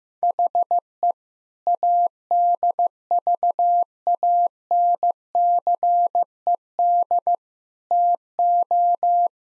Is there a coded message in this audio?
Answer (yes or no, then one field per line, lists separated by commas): yes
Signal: Morse code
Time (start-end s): 0.2-9.3 s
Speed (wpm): 15 wpm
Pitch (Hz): 700 Hz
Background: none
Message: HE ADVANCED TO